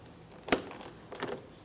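On a 2003-2007 Cadillac CTS rear door, a plastic door lock knob is slid down the door lock rod and pressed in to seat it. A sharp click at 0.5 s marks the knob seating, followed by softer taps and a brief rattle around 1.2–1.3 s. The knob is seated on the rod.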